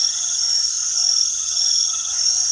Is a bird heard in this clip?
no